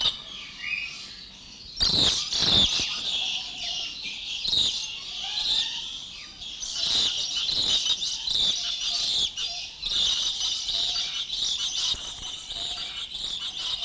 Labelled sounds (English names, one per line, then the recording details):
Brown Lory call
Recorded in captivity
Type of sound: call
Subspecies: duivenbodei
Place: Vogelpark Walsrode, Niedersachsen, DE
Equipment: Halbspur, 9,5 cm/s
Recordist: Lütgens, Hans
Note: Rufe, stark erregt.Tierpfleger lief mit Fangnetz vorbei